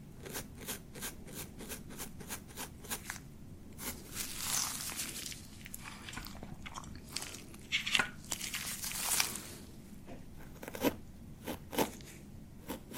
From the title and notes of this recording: ASMR Relaxing Beard Treatment [NO TALKING].